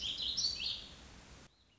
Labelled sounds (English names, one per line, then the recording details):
Warbling Vireo
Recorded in Sonoma County, California